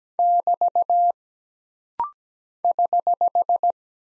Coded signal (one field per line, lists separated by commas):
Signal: Morse code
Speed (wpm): 17 wpm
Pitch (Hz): 700 Hz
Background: none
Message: <BT> <HH>